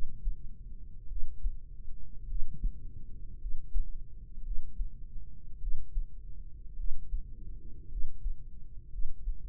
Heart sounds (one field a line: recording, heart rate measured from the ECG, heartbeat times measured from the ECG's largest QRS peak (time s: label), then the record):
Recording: heart sounds by microphone in the right ear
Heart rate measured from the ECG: 54 bpm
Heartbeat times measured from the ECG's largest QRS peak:
1.06 s: heartbeat
2.25 s: heartbeat
3.37 s: heartbeat
4.41 s: heartbeat
5.57 s: heartbeat
6.74 s: heartbeat
7.87 s: heartbeat
8.88 s: heartbeat
From the record:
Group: healthy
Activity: rest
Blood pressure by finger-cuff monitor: 121/78 mmHg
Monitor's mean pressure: 90 mmHg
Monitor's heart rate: 53 bpm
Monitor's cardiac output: 4.7 L/min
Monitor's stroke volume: 87 mL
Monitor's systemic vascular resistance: 1510 dyn s/cm5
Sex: female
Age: 23 years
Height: 160 cm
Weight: 50.4 kg